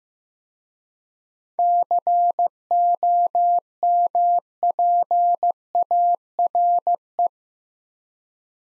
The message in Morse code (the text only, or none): COMPARE